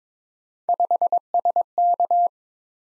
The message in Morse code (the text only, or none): 5SK